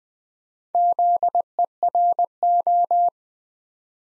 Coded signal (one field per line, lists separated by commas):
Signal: Morse code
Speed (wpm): 20 wpm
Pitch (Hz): 700 Hz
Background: none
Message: ZERO